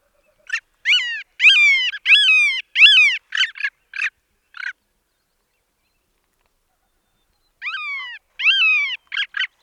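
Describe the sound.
Bird calls, loud harmonic notes sliding down in quick bursts, then a pause of about three seconds before another burst of calls. The background is quiet.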